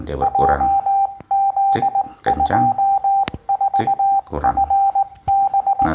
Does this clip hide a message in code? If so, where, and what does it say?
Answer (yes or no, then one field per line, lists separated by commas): yes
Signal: Morse code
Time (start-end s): 0.2-5.9 s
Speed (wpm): 18 wpm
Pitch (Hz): 790 Hz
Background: speech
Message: JZ24FB